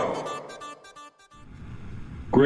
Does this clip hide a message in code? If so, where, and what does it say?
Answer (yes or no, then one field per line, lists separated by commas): no